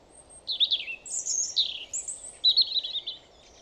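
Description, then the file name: European robin song: a rapid run of high, sliding whistles and thin trills, changing pitch between phrases, with a low background hum. "Erithacus rubecula"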